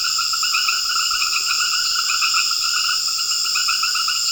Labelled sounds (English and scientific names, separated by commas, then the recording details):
none
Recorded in secondary vegetation near Puerto Asís, Putumayo, Colombia, on 12 March 2025 at 20:00
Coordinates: 0.488, -76.319
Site G095